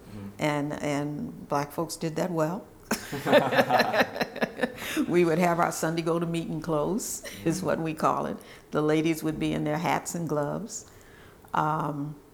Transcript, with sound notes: Black folks did that well, [LAUGHTER] we would have our Sunday-go-to-meeting clothes is what we called it, the ladies would be in their hats and gloves and